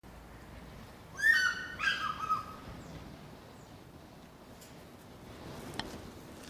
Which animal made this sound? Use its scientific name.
Haliaeetus vocifer